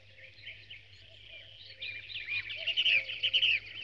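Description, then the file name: Birds in chorus, soft high twittering that swells into a busier burst of rapid chirps and trills, over a constant low hum. Dawn chorus of birds. "Spectacular Sound Effects - Birds Dawn Chorus"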